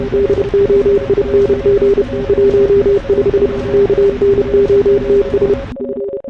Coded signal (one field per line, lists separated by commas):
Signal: Morse code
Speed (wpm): 30 wpm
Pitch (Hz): 400 Hz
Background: radio noise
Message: DOING 15 KNOTS F